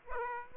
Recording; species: mosquito wingbeat signal from an infrared sensor; Aedes aegypti